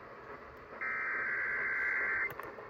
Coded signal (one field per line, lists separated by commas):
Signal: Emergency Alert System (SAME) tones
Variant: header bursts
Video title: Monthly Test on KMJ 580 AM (EAS #351)